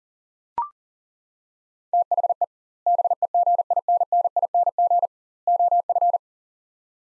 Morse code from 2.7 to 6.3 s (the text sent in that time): BEGINNING OF